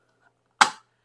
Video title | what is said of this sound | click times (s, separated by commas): How to FIX Gas Smell In C6 Corvette | you know you hear the pops the three pops and you just walk away thinking you're done but the problem is this | 0.6 s